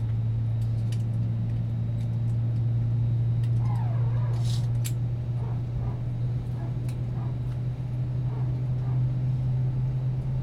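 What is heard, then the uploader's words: A steady, deep airplane cabin drone fills the clip, with a strong low hum holding constant throughout. Faint murmurs of voices and small clicks or rustles surface now and then, most noticeably around the fourth and fifth seconds, over the unchanging roar. Full Flight From Ft.Lauderdale To San Juan, Puerto Rico. Ambient Sounds, Talking Sounds, White Noise, Plane Sounds, Flight Sounds, Flight Announcements, Chatting, Engine Sounds, Mechanical Sounds.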